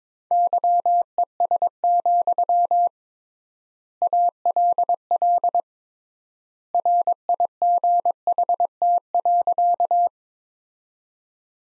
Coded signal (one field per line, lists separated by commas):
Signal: Morse code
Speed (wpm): 21 wpm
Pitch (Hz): 700 Hz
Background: none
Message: YES, ALL RIGHT.